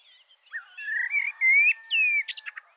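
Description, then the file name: Common blackbird song: a low, mellow fluted warble rising slightly, then a sharp high squeaky twitter to close the phrase. "Turdus merula"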